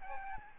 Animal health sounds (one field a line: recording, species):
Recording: mosquito wingbeat signal from an infrared sensor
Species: Aedes albopictus